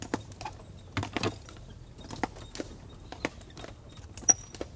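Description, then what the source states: Horse hooves giving sparse, slow clops with short gaps and a few sharp knocks over a quiet low rumble. Horse pulling a cart, moving very slowly downhill; brake taken off, then cart stops; recorded on the cart.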